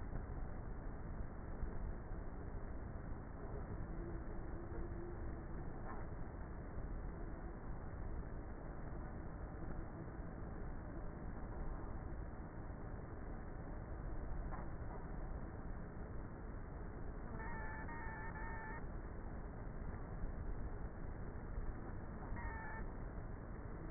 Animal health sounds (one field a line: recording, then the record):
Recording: honeybee colony, microphone inside the hive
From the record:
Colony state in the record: queenless with a low population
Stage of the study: before two queens were removed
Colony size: about 30,000 bees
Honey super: no